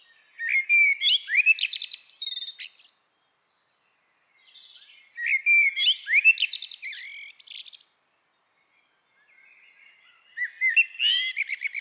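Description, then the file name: Eurasian blackbird song: three phrases several seconds apart, each a mellow warbled start breaking into high, squeaky twittering, with silence between. "Turdus merula"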